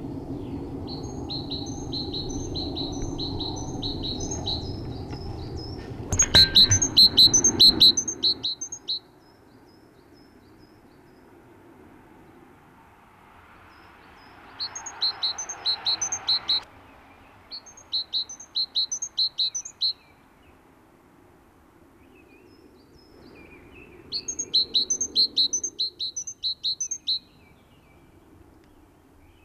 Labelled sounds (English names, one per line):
Great Tit song